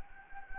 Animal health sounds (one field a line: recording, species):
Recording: mosquito wingbeat signal from an infrared sensor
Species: Anopheles gambiae